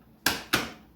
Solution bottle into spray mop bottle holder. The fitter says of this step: click it in now when you when it clicked in there i don't know if you guys saw